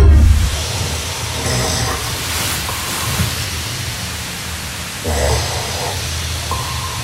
Hostel dorm. Some guy's snore sounds like an echolocator or sonar from a submarine. Full echo.